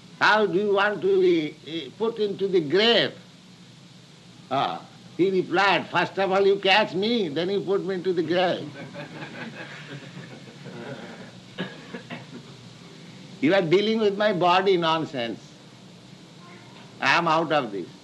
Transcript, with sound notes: how do you want to be put into the grave?" He replied, "First of all, you catch me. Then you put me into the grave." [laughter] "You are dealing with my body, nonsense. I am out of this.